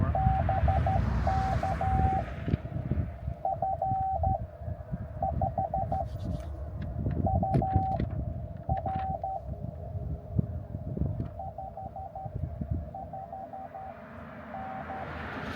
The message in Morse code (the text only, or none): BK F 5 UR 55N